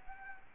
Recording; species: mosquito wingbeat signal from an infrared sensor; Anopheles gambiae